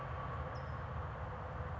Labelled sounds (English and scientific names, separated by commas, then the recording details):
California Towhee (Melozone crissalis)
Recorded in Sonoma County, California